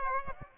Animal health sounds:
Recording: mosquito wingbeat signal from an infrared sensor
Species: Aedes aegypti

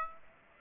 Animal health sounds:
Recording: mosquito wingbeat signal from an infrared sensor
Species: Aedes aegypti

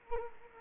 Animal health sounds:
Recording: mosquito wingbeat signal from an infrared sensor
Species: Culex quinquefasciatus

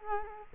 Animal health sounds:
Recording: mosquito wingbeat signal from an infrared sensor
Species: Culex quinquefasciatus

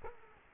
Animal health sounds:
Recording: mosquito wingbeat signal from an infrared sensor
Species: Culex quinquefasciatus

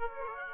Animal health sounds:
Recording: mosquito wingbeat signal from an infrared sensor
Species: Aedes aegypti

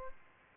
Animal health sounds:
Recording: mosquito wingbeat signal from an infrared sensor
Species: Aedes albopictus

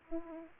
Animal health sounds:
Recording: mosquito wingbeat signal from an infrared sensor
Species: Aedes aegypti

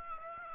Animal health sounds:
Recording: mosquito wingbeat signal from an infrared sensor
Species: Aedes aegypti

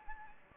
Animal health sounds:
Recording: mosquito wingbeat signal from an infrared sensor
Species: Anopheles gambiae

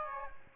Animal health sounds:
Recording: mosquito wingbeat signal from an infrared sensor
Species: Aedes aegypti

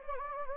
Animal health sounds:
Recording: mosquito wingbeat signal from an infrared sensor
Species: Anopheles gambiae

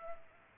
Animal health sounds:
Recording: mosquito wingbeat signal from an infrared sensor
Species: Culex pipiens

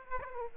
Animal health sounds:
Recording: mosquito wingbeat signal from an infrared sensor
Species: Aedes aegypti

